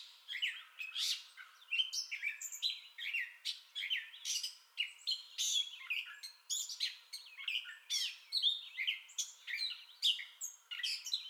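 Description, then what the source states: Gray catbird in full song, a long, unbroken stream of varied squeaks, harsh chips and mewing slurs tumbling quickly one after another. Entire song bout recorded 2021-05-30.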